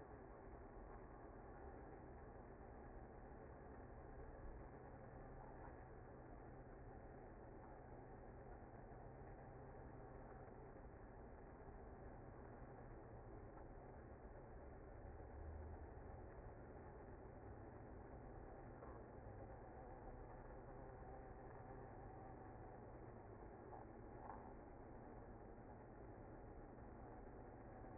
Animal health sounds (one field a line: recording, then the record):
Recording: honeybee colony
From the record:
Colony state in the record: active